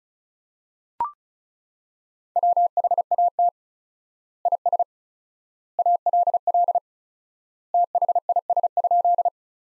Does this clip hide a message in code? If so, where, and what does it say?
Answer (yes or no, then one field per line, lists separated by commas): yes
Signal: Morse code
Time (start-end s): 2.4-9.3 s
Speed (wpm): 36 wpm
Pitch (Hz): 700 Hz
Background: none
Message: WHAT IS ALL THIS?